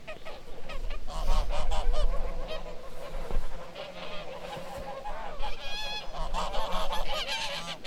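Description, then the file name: Goose honking from a flock, many nasal honks overlapping in bursts that swell and fade, with a low rumble underneath. "geese"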